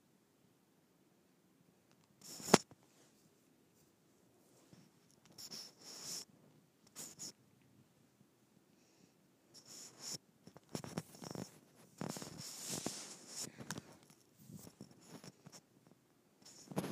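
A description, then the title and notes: A microphone is rubbed against skin, making scratchy, rustling strokes that come in uneven bursts. The first two seconds are nearly quiet, then a sharp scrape lands around 2.5 seconds. After that the rubbing grows busier, with dense, hissy stretches from about 10 to 14 seconds. ASMR Rubbing Microphone on my Skin.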